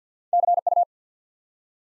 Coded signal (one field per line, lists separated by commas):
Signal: Morse code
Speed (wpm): 48 wpm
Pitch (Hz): 700 Hz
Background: none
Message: CU